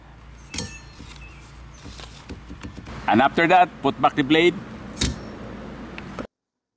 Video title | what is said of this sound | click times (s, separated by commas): 2015=How to Replace Wiper Blades on a Honda Civic, Accord and CRV | Push it until you hear a click. | 0.6 s